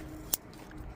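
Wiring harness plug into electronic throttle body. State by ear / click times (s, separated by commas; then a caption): seated / 0.3 s. A wiring harness electrical plug is pushed back onto the electronic throttle body of a Ford and Lincoln 3.5L V6 twin-turbo EcoBoost engine (Taurus SHO, Lincoln MKS), and its locking tab is pushed up. A single sharp, bright click sounds at 0.3 s over low background noise. The connector is seated.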